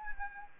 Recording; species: mosquito wingbeat signal from an infrared sensor; Anopheles arabiensis